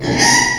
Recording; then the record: squeal of a Yucatan mini pig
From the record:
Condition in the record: before surgery on the right vocal fold (resection and tissue-engineered implant); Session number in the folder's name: 2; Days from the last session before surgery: 0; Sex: male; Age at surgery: 12 weeks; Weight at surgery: 13 kg